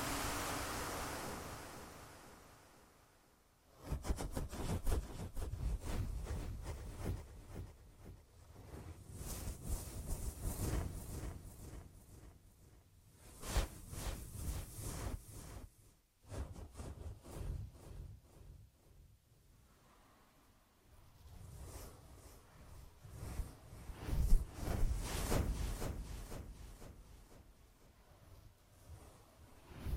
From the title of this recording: Ear Massage